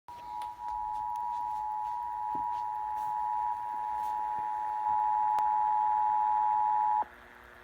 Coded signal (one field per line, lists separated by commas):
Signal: Emergency Alert System (SAME) tones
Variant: 853 and 960 Hz attention tone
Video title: 8/7/19 national EAS test ok KFI 640